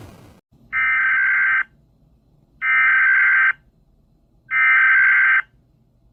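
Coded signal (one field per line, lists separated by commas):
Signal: Emergency Alert System (SAME) tones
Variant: header bursts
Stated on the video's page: Compilation of alert tones from various countries and cities, with some editing errors.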